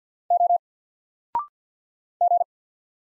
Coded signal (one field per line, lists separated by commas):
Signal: Morse code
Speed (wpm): 50 wpm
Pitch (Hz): 700 Hz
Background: none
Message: O G